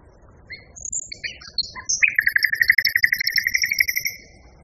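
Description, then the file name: Common nightingale song: scattered high chirps and sliding notes, then a long fast trill of rapidly repeated notes. Song variation. "kicauan-nightingale-b-variasi 2-omkicau"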